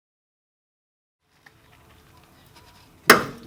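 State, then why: Stripped. A wrench tightening a fitting on a stainless braided brake line, where it goes into the brake caliper or hard line on a Mazdaspeed 3, gives silence, then a faint tick at 1.5 s and quiet rustling of work. At 3.1 s the wrench slips with a loud, sudden bang that rings off and fades. The fitting strips.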